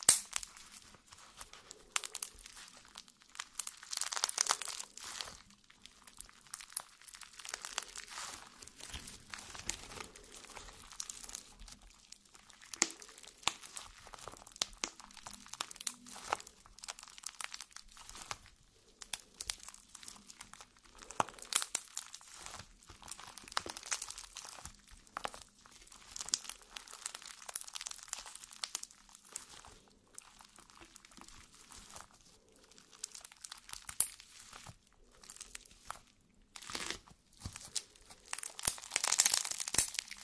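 Jelly being squished and worked produces a dense, irregular stream of wet crackles, crinkles and sticky pops. The sound is bright and busy, swelling into louder bursts around 4, 20 and 37 seconds, with the loudest squelching near the end.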